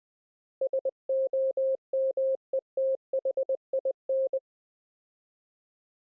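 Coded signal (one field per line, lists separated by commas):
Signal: Morse code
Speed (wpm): 20 wpm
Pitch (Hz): 530 Hz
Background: none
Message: SOMETHIN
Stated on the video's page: Morse audio from four CW operators on a Mumble iCW server, regenerated via MIDI into software CW keyers for 3D audio.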